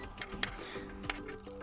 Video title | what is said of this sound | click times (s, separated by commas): SAMSUNG Galaxy Watch Ultra2 – How to change straps | once you push it in, it will click in | 0.4 s